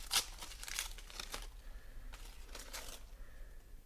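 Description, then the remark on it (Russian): A sealed paper envelope of orders is torn open in a series of rough, crackling rips and crinkles, about five short bursts spread over a few seconds, fairly quiet, with no voices. “Вскрывайте пакет.”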